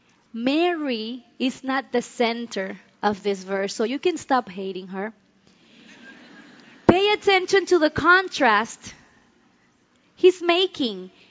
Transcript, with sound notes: Mary is not the center of this verse, so you can stop hating her. (laughter) Pay attention to the contrast He is making.